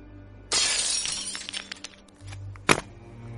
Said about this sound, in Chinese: 任小素砸开最顶层的玻璃跳了进去